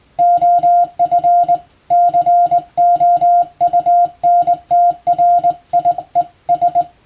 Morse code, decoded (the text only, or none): OF COUNTRIES